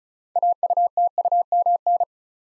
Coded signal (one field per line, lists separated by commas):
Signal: Morse code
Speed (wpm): 36 wpm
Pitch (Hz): 700 Hz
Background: none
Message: AUTUMN